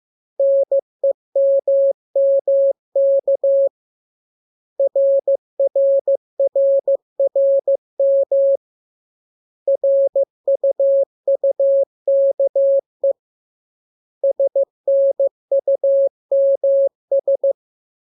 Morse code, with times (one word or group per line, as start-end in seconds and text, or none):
0.4-3.7 NEMMK
4.8-8.6 RRRRM
9.7-13.1 RUUKE
14.2-17.5 SNUMS